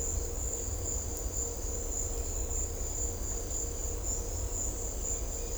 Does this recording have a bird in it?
no